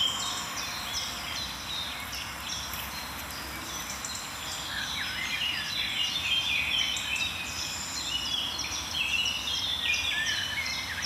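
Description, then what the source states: Eurasian blackcap song: dense overlapping warbles and fluty notes from several birds, continuous throughout and partly masked by broad background noise. At least four singing at once at a forest edge above a misty morning valley of tall grass and bracken; song a greeting at the edge; likes hedges, shrubs and dense bramble thickets.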